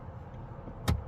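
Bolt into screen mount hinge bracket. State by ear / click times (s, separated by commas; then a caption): seated / 0.9 s. A bolt for the CTMODS Tesla Cybertruck screen swivel tilt mount hinge kit is turned backwards in the hinge bracket until it drops into the thread. Over a low background hum, a single sharp click is heard at 0.9 s, and the bolt seats in place.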